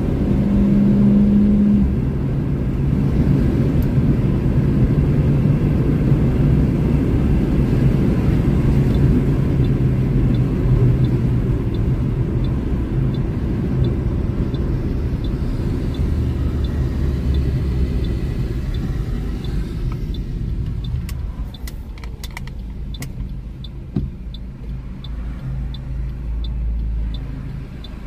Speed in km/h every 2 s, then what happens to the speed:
103, 108, 112, 115, 104, 88, 81, 66, 50, 25, 3, 1, 1, 1.
0-7 speeds up to 115. 7-22 brakes to 1. 22-28 standing.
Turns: none.